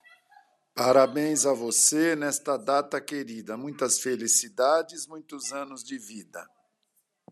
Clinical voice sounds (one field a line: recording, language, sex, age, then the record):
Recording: short text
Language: Brazilian Portuguese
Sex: male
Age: 50 to 59 years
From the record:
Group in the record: control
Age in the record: 57 years